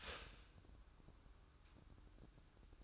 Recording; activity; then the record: daily activity, microphone in the room; start toaster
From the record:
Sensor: 2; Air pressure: 1007.0 hPa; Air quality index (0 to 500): 46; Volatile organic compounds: 1 ppm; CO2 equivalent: 557 ppm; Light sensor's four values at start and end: 7/15/6/7 and 7/16/6/7